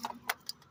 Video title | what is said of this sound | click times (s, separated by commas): Honda CR-V Fuel injection cleaning | like so you heard it click | 0.3 s